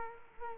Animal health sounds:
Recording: mosquito wingbeat signal from an infrared sensor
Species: Culex quinquefasciatus

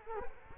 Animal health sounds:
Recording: mosquito wingbeat signal from an infrared sensor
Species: Culex quinquefasciatus

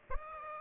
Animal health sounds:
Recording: mosquito wingbeat signal from an infrared sensor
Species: Aedes aegypti

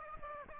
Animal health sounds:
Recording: mosquito wingbeat signal from an infrared sensor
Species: Aedes aegypti

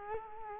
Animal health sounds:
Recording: mosquito wingbeat signal from an infrared sensor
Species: Culex quinquefasciatus

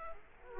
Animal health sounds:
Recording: mosquito wingbeat signal from an infrared sensor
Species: Culex quinquefasciatus

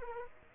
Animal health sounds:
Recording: mosquito wingbeat signal from an infrared sensor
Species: Culex quinquefasciatus

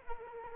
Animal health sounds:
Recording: mosquito wingbeat signal from an infrared sensor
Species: Culex quinquefasciatus

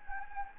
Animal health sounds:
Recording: mosquito wingbeat signal from an infrared sensor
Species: Anopheles gambiae

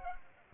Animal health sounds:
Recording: mosquito wingbeat signal from an infrared sensor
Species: Culex pipiens

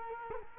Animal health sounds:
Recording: mosquito wingbeat signal from an infrared sensor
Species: Culex quinquefasciatus

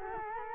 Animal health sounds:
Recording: mosquito wingbeat signal from an infrared sensor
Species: Culex quinquefasciatus

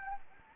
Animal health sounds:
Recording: mosquito wingbeat signal from an infrared sensor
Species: Anopheles gambiae

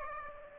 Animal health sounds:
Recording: mosquito wingbeat signal from an infrared sensor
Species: Aedes aegypti

